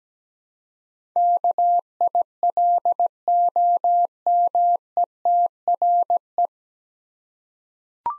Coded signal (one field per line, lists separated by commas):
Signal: Morse code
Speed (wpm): 17 wpm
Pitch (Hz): 700 Hz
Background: none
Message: KILOMETRE